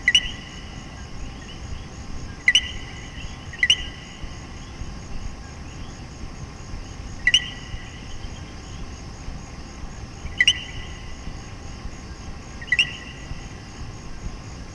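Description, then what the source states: Common coquí giving two-note co-QUI calls at irregular intervals of one to five seconds, the second note higher, over a low steady background hiss. Several common coquí frogs calling in Puerto Rico.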